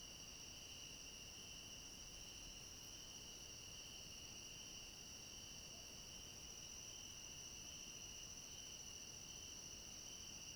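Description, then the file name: Many crickets producing a steady shrill trill that holds one pitch without pause, over a faint hiss and low rumble. Chorus of crickets at night. "Coro de grilos a noite com cachorro longe"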